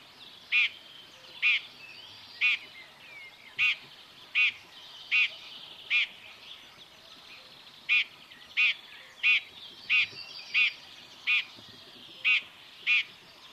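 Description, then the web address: Common chaffinch calls: many short, sharp notes repeated at uneven intervals. "Deverinetal 2025 File origin Bird Only Fr Co"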